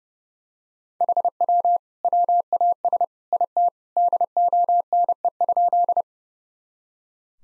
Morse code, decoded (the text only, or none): HW WAS IT DONE?